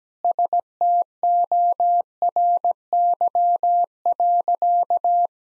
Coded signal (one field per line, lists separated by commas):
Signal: Morse code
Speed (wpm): 17 wpm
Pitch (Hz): 700 Hz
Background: none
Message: STORY.